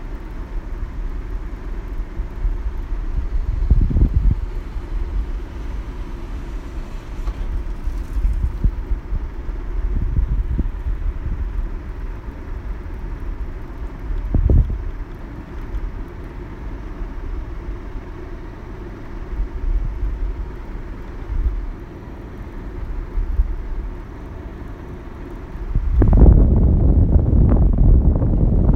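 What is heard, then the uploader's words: Air conditioning runs with a steady low rumble and a dull hum, fairly dense and even. A few brief low thumps stand out near 4, 10 and 14 seconds, and around 26 seconds the sound grows louder and fuller until the end. Air conditioning.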